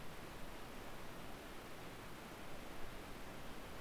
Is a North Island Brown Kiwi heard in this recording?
no